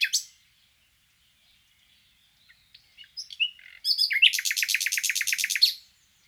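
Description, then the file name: Common nightingale song: a short sharp note, quiet gap, soft twitters, then a rapid, loud, even rattle of repeated notes lasting nearly two seconds. "Luscinia megarhynchos"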